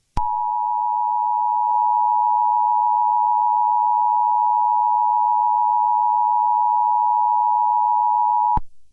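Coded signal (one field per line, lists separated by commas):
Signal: Emergency Alert System (SAME) tones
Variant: 853 and 960 Hz attention tone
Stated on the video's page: Mock Emergency Alert System alert.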